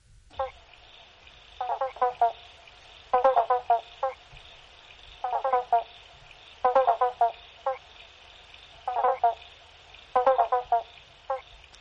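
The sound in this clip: Frog calls in bursts of rapid pulsed notes, each burst followed by a few spaced clicks, repeated several times over a steady high hum.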